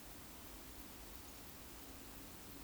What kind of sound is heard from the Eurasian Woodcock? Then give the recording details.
whistle. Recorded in Baden-Württemberg, Germany, on 9 May 2021 at 19:16 UTC. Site 23718, 552 m above sea level